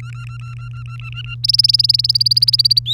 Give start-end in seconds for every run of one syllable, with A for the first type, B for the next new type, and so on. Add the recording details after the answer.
0.00-1.35 A, 1.44-2.79 B, 2.86-2.93 C. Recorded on 3 May 2018 at 07:00. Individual llb3